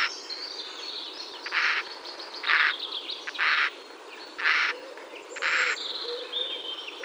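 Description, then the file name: Eurasian jay uttering a run of five short, noisy, grating screeches about once a second, with soft whistles from other birds behind. "Garrulus glandarius"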